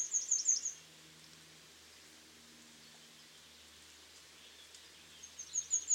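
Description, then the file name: Great tit calls: a quick burst of very high, thin, ticking notes at the start, a quiet gap, then another short rapid high series at the end. "Parus major"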